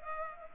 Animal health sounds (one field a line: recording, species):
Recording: mosquito wingbeat signal from an infrared sensor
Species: Culex pipiens